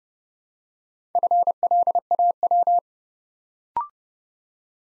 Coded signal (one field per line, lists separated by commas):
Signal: Morse code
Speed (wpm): 32 wpm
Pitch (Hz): 700 Hz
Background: none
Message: FLAW